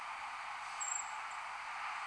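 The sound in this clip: Brown creeper giving a single very high, thin, hissing seee note, followed by a short fainter note, over steady background hiss.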